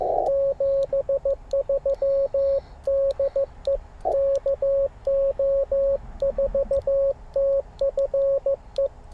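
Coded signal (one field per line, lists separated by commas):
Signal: Morse code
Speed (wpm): 17 wpm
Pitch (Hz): 550 Hz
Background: radio noise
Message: 73 DE KO4TFE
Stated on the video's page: CW Parks on the Air activation, multi-operator.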